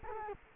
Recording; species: mosquito wingbeat signal from an infrared sensor; Culex quinquefasciatus